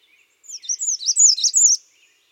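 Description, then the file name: American redstart song: a run of several high, slurred whistled notes, growing louder toward the end of the phrase. "Setophaga ruticilla - American Redstart"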